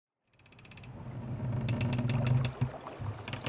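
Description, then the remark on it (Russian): A boat engine drones past on the water as boats and barges from Lesnoy and Lunyov pass no more than a kilometre away: a steady low rumble with a humming harmonic tone that swells in loudness, then dips and wavers near the end. No one speaks. “Периодически мимо нас, на отдалении не более километра, проплывали лодки, баржи и прочие плавсредства из Лесного и из Лунёва.”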